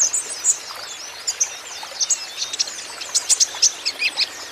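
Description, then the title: Van Hasselt's sunbird song: rapid, high, thin chips and short twittering notes in quick irregular bursts, with a steady hiss underneath. Green-plumaged (ijoan) konin, caged, in lively steady song (gacor); used as a lure and therapy so untrained konin birds answer. "KOLIBRI NINJA KONIN IJOAN GACOR COCOK UNTUK PANCINGAN TERAPI KONIN BAHAN PASTI NYAUT"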